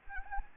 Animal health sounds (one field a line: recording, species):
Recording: mosquito wingbeat signal from an infrared sensor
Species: Anopheles gambiae